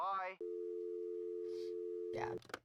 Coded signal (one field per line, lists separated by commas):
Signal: telephone call progress tone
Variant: North America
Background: speech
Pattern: dial tone